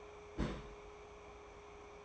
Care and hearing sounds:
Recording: daily activity, microphone in the room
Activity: place on stove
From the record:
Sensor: 1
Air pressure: 1010.3 hPa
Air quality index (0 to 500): 170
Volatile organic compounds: 12 ppm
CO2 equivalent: 2348 ppm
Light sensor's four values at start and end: 55/141/59/74 and 54/140/58/73

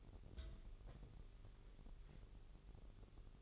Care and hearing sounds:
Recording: daily activity, microphone in the room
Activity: take from stove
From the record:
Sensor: 4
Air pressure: 989.0 hPa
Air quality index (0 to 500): 210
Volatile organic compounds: 58 ppm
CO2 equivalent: 3398 ppm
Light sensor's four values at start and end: 29/98/36/38 and 29/98/36/38

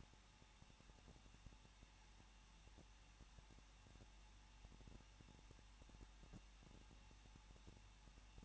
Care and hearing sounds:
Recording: daily activity, microphone in the room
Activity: no activity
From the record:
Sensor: 1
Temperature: 20.1 degrees Celsius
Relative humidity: 39.2%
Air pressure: 1006.3 hPa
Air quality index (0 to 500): 218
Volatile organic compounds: 77 ppm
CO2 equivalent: 3580 ppm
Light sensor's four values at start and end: 1/2/1/1 and 1/2/1/1

